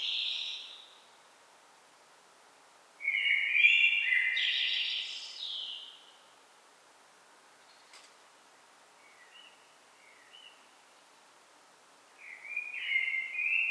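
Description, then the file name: Blackbird singing a rich fluted phrase with a scratchy high ending, then a long near-silent gap with faint notes before a new phrase begins. "Turdus merula"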